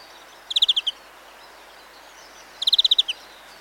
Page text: Sound Effects-BBC. Greenfinch, with mistle thrush, collared dove, house sparrows, and skhlark in background